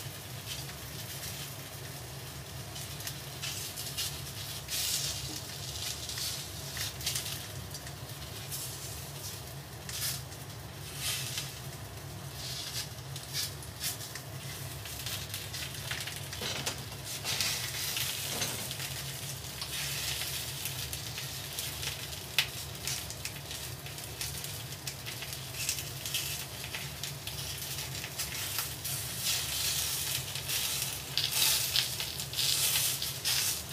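A pot of food simmers with a steady low hum underneath a dense, crackling hiss. Sharp bright pops and sputters break through irregularly across the whole recording, growing busier and slightly louder in the final ten seconds.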